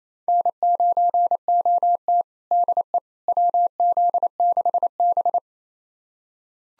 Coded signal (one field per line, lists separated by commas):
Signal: Morse code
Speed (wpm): 28 wpm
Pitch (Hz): 700 Hz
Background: none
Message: N9OT DE WZ6B